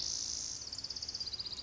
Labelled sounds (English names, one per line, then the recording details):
Pacific Wren
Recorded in Sonoma County, California